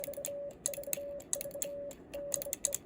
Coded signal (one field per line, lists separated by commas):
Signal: Morse code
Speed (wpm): 25 wpm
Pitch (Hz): 570 Hz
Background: none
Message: VVV DE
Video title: Home brew bug key(SUS)from USA. QOD6 Japanese Morse code.